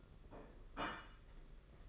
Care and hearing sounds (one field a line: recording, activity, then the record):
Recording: daily activity, microphone in the room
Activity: place plate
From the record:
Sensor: 4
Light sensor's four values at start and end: 19/65/24/25 and 19/65/24/25